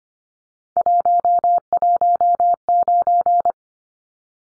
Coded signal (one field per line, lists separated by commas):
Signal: Morse code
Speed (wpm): 25 wpm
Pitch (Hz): 700 Hz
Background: none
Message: 119